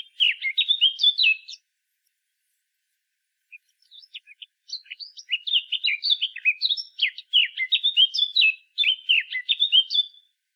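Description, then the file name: Eurasian blackcap song: fast, scratchy warbling phrases of varied chirps and short whistles, a burst at the start, then a pause and a longer run of chattering notes. "Sylvia atricapilla"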